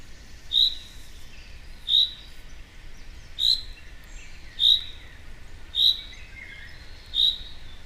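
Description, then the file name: Common chaffinch call notes, bright and clipped, repeated six times at slightly uneven intervals of just over a second, with faint hiss behind. "Fringilla coelebs"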